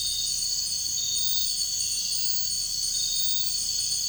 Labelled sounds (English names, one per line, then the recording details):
none
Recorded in dense forest near Puerto Asís, Putumayo, Colombia, on 13 March 2025 at 04:00
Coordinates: 0.484, -76.317
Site G064